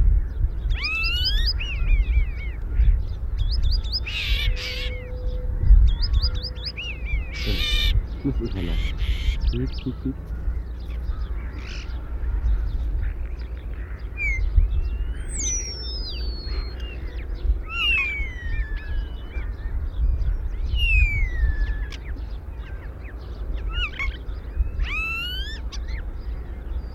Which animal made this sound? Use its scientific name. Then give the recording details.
Sturnus vulgaris. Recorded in the wild. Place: Dwasiden, Insel Rügen, Mecklenburg-Vorpommern, DE. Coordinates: 54.51, 13.62. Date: 1970-04-14. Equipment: Nagra III BH, Sennheiser MD 21, parabola. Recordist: Schubert, Michael. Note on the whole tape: mehrere Stare, einzelne singen (Imitationen v. Waldwasserl., Bussard, Buchfink)(4:45-7:00)